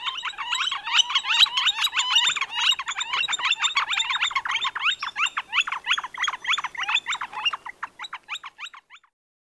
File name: flicker northern